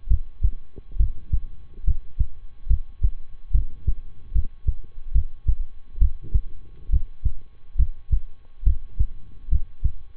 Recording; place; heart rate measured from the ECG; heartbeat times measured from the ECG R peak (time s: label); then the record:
heart sounds by stethoscope; between the tricuspid and mitral areas; 70 bpm
0.07 s: heartbeat
0.96 s: heartbeat
1.83 s: heartbeat
2.67 s: heartbeat
3.51 s: heartbeat
4.31 s: heartbeat
5.11 s: heartbeat
5.98 s: heartbeat
6.89 s: heartbeat
7.75 s: heartbeat
8.63 s: heartbeat
9.48 s: heartbeat
From the record:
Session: rest, lying down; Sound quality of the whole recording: good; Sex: male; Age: 23 years